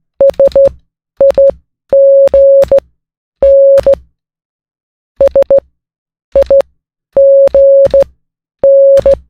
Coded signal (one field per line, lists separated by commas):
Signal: Morse code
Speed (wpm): 15 wpm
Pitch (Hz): 550 Hz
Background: none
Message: SIGN SIGN